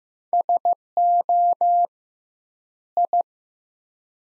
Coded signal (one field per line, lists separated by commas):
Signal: Morse code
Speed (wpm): 15 wpm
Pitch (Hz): 700 Hz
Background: none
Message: SO I